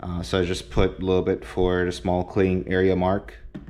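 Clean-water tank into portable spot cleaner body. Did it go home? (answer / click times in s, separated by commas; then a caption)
no / none. Someone talks while handling the plastic clean-water tank of a Vacmaster SCB301 portable spot cleaner, filled to the small-area mark, as it is being put back onto the cleaner body. Two faint, brief sounds occur near the end at about 3.5 s and 3.7 s. The tank has not seated or clicked into place yet.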